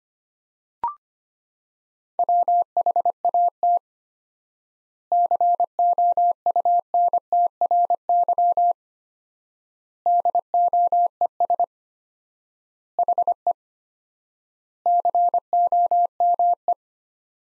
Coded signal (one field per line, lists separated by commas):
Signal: Morse code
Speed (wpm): 25 wpm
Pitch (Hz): 700 Hz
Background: none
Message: WHAT COUNTRY DOES HE COME